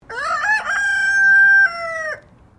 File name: CHICKEN SILKIE CROW